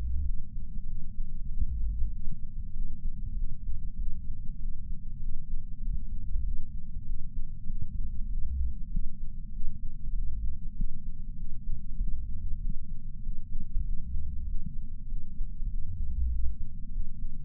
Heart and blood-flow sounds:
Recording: heart sounds by patch sensor on the chest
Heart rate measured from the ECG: 97 bpm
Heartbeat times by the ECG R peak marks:
0.23 s: heartbeat
0.85 s: heartbeat
1.47 s: heartbeat
2.10 s: heartbeat
2.72 s: heartbeat
3.34 s: heartbeat
3.96 s: heartbeat
4.57 s: heartbeat
5.18 s: heartbeat
5.80 s: heartbeat
6.42 s: heartbeat
7.04 s: heartbeat
7.65 s: heartbeat
8.27 s: heartbeat
8.89 s: heartbeat
9.50 s: heartbeat
10.12 s: heartbeat
10.74 s: heartbeat
11.35 s: heartbeat
11.97 s: heartbeat
12.59 s: heartbeat
13.21 s: heartbeat
13.82 s: heartbeat
14.44 s: heartbeat
15.06 s: heartbeat
15.67 s: heartbeat
16.28 s: heartbeat
16.90 s: heartbeat
From the record:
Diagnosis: coronary artery disease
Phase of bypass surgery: preoperative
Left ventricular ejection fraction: 66.8%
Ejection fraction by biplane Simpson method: 67.5%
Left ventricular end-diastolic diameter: 41 mm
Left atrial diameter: 29 mm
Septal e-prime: 9.5 cm/s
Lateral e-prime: 10.6 cm/s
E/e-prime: 8.7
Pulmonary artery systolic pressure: 27 mmHg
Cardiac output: 4.8 L/min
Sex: female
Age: 77 years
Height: 168 cm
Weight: 49 kg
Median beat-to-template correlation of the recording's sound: 0.81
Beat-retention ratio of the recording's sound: 0.99

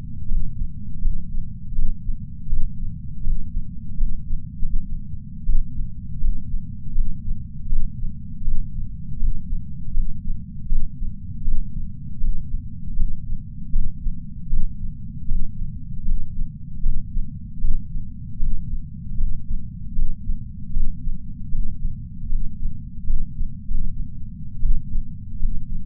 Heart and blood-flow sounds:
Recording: heart sounds by patch sensor on the chest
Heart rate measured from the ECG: 79 bpm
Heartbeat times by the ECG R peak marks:
0.29 s: heartbeat
1.02 s: heartbeat
1.76 s: heartbeat
2.50 s: heartbeat
3.24 s: heartbeat
3.98 s: heartbeat
4.83 s: heartbeat
5.47 s: heartbeat
6.21 s: heartbeat
6.95 s: heartbeat
7.70 s: heartbeat
8.45 s: heartbeat
9.20 s: heartbeat
9.94 s: heartbeat
10.70 s: heartbeat
11.45 s: heartbeat
12.21 s: heartbeat
12.97 s: heartbeat
13.73 s: heartbeat
14.51 s: heartbeat
15.29 s: heartbeat
16.06 s: heartbeat
16.83 s: heartbeat
17.62 s: heartbeat
18.40 s: heartbeat
19.18 s: heartbeat
19.96 s: heartbeat
20.74 s: heartbeat
21.52 s: heartbeat
22.30 s: heartbeat
23.07 s: heartbeat
23.90 s: heartbeat
24.63 s: heartbeat
25.40 s: heartbeat
From the record:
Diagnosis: coronary artery disease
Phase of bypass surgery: postoperative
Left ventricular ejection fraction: 43.8%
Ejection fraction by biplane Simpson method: 45%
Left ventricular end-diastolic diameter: 59 mm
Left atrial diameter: 36 mm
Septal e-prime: 6.9 cm/s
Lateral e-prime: 6.4 cm/s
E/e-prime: 9.2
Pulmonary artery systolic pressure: 22 mmHg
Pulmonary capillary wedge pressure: 19 mmHg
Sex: male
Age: 57 years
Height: 183 cm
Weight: 85 kg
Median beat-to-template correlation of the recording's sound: 0.89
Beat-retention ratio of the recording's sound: 0.99

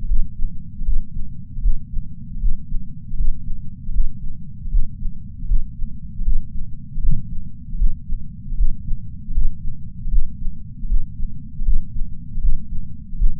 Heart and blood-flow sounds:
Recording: heart sounds by patch sensor on the chest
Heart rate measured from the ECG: 78 bpm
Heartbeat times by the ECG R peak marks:
0.04 s: heartbeat
0.81 s: heartbeat
1.58 s: heartbeat
2.36 s: heartbeat
3.13 s: heartbeat
3.89 s: heartbeat
4.67 s: heartbeat
5.44 s: heartbeat
6.20 s: heartbeat
6.97 s: heartbeat
7.74 s: heartbeat
8.53 s: heartbeat
9.30 s: heartbeat
10.06 s: heartbeat
10.84 s: heartbeat
11.60 s: heartbeat
12.37 s: heartbeat
13.14 s: heartbeat
From the record:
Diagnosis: coronary artery disease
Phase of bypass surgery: intraoperative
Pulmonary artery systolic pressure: 21 mmHg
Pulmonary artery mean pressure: 15 mmHg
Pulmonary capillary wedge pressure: 10 mmHg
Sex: male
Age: 65 years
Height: 170 cm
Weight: 65 kg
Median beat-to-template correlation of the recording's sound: 0.94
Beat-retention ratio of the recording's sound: 0.99

